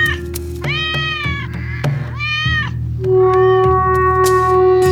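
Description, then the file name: Cat meowing, a series of drawn-out wavering meows in quick succession, then a long steady tone over a constant low hum. "Katze"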